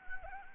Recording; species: mosquito wingbeat signal from an infrared sensor; Anopheles arabiensis